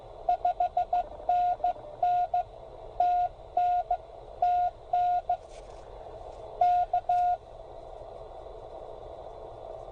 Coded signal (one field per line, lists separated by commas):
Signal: Morse code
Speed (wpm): 17 wpm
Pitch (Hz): 720 Hz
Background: none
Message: 5NN TN TN K